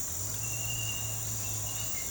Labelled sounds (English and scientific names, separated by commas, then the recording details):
none
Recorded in pastures near Puerto Asís, Putumayo, Colombia, on 20 December 2024 at 07:00
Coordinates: 0.466, -76.322
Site G040